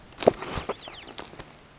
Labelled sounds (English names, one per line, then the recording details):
Superb Starling flight call
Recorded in Kenya